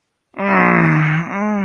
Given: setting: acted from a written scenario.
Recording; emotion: vocal sound without words; shame